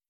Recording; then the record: hydrophone in a shrimp aquaculture tank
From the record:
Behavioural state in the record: feeding